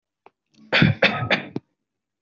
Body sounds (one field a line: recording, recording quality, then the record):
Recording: shallow voluntary cough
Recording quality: excellent, no background noise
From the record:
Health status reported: recovered from COVID-19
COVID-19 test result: positive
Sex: male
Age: 22 years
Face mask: not worn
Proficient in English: yes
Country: India